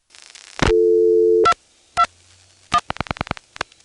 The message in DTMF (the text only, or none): 221